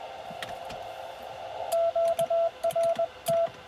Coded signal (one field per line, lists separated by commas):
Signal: Morse code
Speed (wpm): 20 wpm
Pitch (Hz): 660 Hz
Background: radio noise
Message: QRT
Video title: CW POTA-Activation US-11644